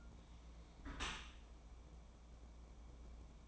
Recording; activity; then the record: daily activity, microphone in the room; close dishwasher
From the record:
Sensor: 1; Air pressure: 1012.4 hPa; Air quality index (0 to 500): 174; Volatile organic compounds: 3 ppm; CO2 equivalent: 1421 ppm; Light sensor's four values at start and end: 350/798/354/389 and 351/799/355/390